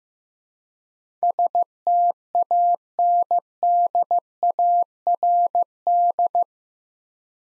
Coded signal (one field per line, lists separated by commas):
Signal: Morse code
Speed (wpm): 15 wpm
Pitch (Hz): 700 Hz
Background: none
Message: STANDARD